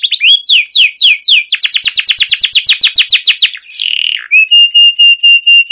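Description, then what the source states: Canary song: spaced descending chirps speeding into a fast rolling trill, a short buzzy phrase, then a string of steady repeated whistled notes. Canary with long, continuous trilling 'ngerol' and 'cuit cuit' song, used as a lure and master recording for training other canaries.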